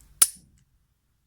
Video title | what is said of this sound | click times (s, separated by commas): Derringer 38 special, best video on safety for derringers | Okay, hammer block safety, hammer's back, heard the click. | 0.2 s